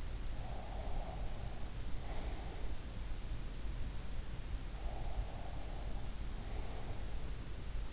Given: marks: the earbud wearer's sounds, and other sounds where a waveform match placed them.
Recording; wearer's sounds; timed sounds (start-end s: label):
sounds in sleep by an in-ear microphone; breath
0.00-2.96 s: breath
4.32-7.37 s: breath